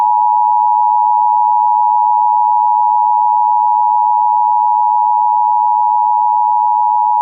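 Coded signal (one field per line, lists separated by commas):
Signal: Emergency Alert System (SAME) tones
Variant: 853 and 960 Hz attention tone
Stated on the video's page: Real Tornado Warning for Clackamas County, Oregon, issued by the National Weather Service and relayed by a Portland TV station, recorded from its online live stream.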